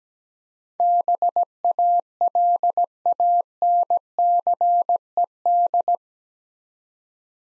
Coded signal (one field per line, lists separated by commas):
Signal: Morse code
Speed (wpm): 17 wpm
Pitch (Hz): 700 Hz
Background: none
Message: BALANCED